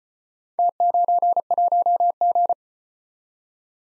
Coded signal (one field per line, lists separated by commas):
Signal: Morse code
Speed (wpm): 35 wpm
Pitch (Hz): 700 Hz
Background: none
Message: T91G